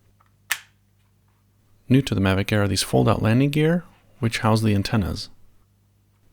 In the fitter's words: to put it back in you just slide it in and push down until you hear the click